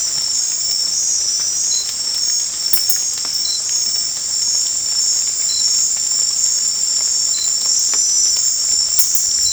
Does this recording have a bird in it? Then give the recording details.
no. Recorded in secondary vegetation near Puerto Asís, Putumayo, Colombia, on 13 March 2025 at 23:00. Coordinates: 0.484, -76.319. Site G010